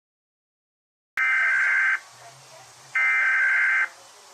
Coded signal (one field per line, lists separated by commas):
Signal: Emergency Alert System (SAME) tones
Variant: header bursts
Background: speech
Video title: Rating EAS Alarms! #1